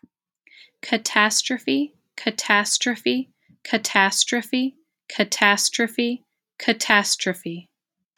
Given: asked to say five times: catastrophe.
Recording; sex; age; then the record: repeated word; female; 40 to 49 years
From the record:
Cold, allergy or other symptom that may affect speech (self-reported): no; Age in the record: 41 years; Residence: Wisconsin, United States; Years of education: 17